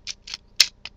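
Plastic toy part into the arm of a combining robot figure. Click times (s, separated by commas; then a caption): 0.6 s. A plastic part is pushed home into the arm of a Power Rangers Mystic Force Titan Megazord combining robot toy figure, with soft plastic ticks around 0.1 and 0.3 seconds. It seats with a loud, sharp click at 0.6 seconds, followed by a lighter tick near 0.9 seconds.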